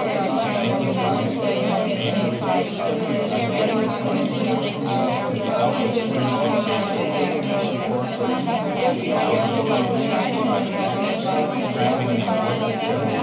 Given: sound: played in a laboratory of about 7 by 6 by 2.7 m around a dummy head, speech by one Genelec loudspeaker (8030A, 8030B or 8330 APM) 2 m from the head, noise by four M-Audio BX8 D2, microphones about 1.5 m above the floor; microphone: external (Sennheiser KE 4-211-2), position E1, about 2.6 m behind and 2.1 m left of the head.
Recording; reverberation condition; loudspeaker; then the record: babble noise; low; four, about 170 cm from the corners of the room and facing them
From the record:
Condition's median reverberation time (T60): about 310 ms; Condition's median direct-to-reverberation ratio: about 3.5 dB